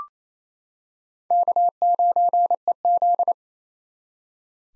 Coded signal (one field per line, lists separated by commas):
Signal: Morse code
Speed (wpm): 28 wpm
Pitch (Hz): 700 Hz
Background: none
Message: K9EZ